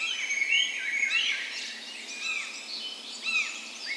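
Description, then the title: Birds singing at dawn, a clear rising whistle opening, then overlapping chirps and short downslurred notes from several singers. Spring dawn chorus in a park west in Bergen, Norway, morning of 17 May, Norway's National Day; Sony PCM A10 recorder with LOM micro Usi mics as tree ears. "17th Of May Dawn Chorus"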